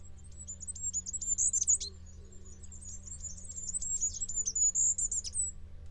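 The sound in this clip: Bird song: a long run of very high, rapid twittering notes, fast and uneven, over a faint low hum.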